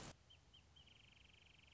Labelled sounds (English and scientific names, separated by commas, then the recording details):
Wrentit (Chamaea fasciata)
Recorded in Sonoma County, California